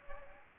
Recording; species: mosquito wingbeat signal from an infrared sensor; Aedes albopictus